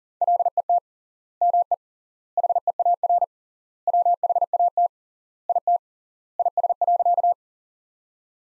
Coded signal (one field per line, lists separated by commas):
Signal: Morse code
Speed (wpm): 40 wpm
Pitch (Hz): 700 Hz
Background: none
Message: LET ME HEAR WHAT IT IS.